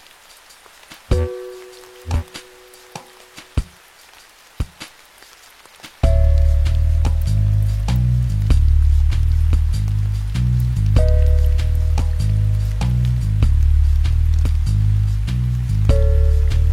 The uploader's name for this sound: Music w/ Rain Sounds